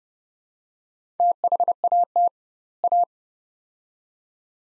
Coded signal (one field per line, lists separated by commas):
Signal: Morse code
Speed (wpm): 29 wpm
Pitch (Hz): 700 Hz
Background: none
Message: THAT A